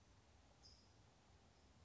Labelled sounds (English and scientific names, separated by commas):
California Towhee (Melozone crissalis)